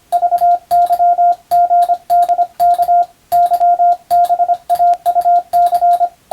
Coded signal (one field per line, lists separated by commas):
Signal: Morse code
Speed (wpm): 25 wpm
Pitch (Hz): 700 Hz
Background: radio noise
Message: VYGDK YBAUC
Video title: スマホ時代の今でも行われているモールスの国家試験の練習風景です。通信技術の原点！アマチュア無線ハムの受信練習にもどうぞ(morse code practice for radio operator )